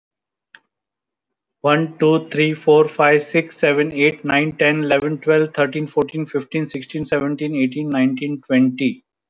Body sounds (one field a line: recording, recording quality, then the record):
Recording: counting at a fast pace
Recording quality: excellent, no background noise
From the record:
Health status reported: COVID-19 positive, mild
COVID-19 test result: positive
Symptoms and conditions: cough, cold, fever, fatigue, hypertension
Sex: male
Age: 60 years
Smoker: not ticked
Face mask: not worn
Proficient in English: yes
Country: India